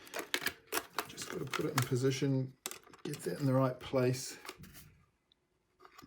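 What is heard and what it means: An internal cable connector is lined up over its board socket inside an Oculus Rift-S VR headset, positioned carefully before being pressed down because it has to sit in the right place first. Someone talks throughout, with a few faint handling ticks near the start and quieter taps toward the end. Nothing has seated or clicked yet.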